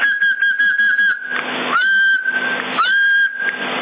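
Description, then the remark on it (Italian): A person whistles into a CB radio microphone: a steady, piercing whistle sounds through a band-limited radio channel, broken by short gaps and wavering slightly in pitch, with hissy static filling the pauses between the whistled stretches. “Così dovrei pompare un po' di più col fischio.”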